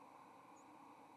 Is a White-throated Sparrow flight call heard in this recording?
no